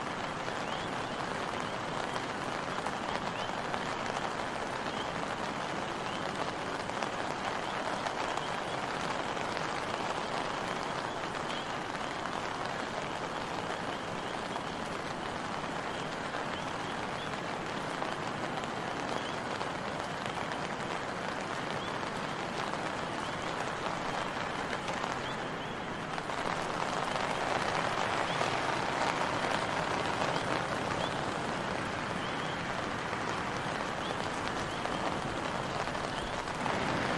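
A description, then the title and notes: Rainforest sound forms a dense, steady hiss of rain pattering on leaves, spread evenly from low to bright tones with no distinct events. Around 26 seconds the wash briefly dips, then returns slightly louder and fuller for the rest. Rainforest White Noise. 2 hours of rainforest sounds.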